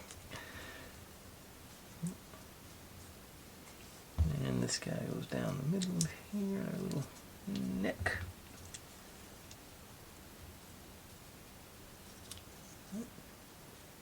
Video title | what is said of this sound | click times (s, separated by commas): Wood Trick Space Junk Robot: Pages 16-29 | okay it doesn't snap in place it just sort of Falls in there | none